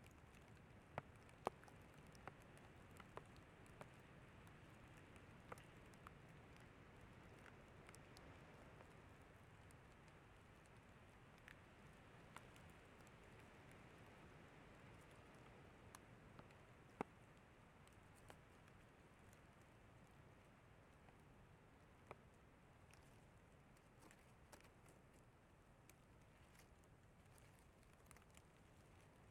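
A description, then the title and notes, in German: Rain falls directly on a microphone with no windscreen. A steady low rumble fills the background while sharp ticks and pops from individual drops strike irregularly throughout, several per second, with a few louder hits early on and around seventeen seconds. Regen auf das Mikrophon ohne Windschutz.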